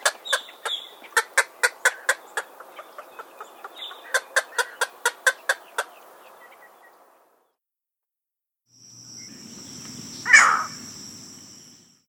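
Green heron giving a series of dry, clicking kuk notes for about six seconds, then a pause and a single harsh squawk.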